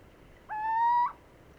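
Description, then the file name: Little owl giving one clear, plaintive hoot lasting about half a second, gently rising at the end, over faint steady background hiss. Male little owl hooting, recorded in Italy; local name Cucumiau. "Cucumiau Hooting of male Italy"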